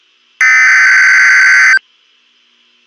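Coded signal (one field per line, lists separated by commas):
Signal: Emergency Alert System (SAME) tones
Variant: header bursts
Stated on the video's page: Fictional EAS scenario.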